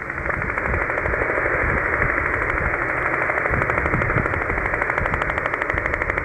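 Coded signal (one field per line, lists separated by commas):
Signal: radar signal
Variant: over-the-horizon radar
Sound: fast rhythmic tapping or knocking pulses, about ten per second, over hiss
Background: radio static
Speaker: I'm sure it's just over the horizon radar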